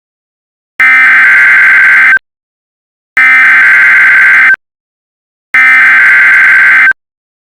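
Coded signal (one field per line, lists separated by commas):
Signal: Emergency Alert System (SAME) tones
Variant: header bursts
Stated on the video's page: Mock severe thunderstorm warning alert with valid tones.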